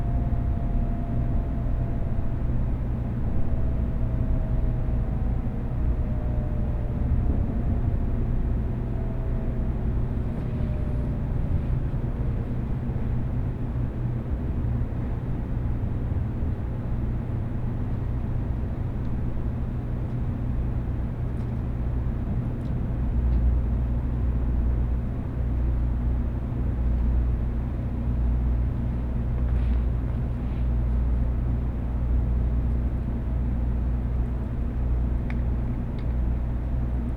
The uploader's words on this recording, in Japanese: 東海道新幹線こだま浜松→静岡。朝一番の浜松始発の新幹線です。